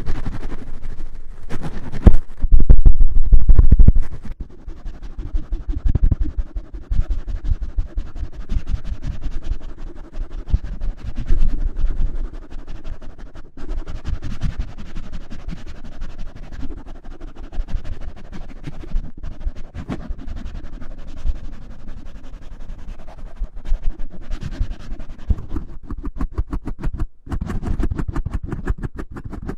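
Microphone rubbing and scraping, a loud burst of thumping friction near the start, then continuous low rustling scratches with frequent sharp clicks.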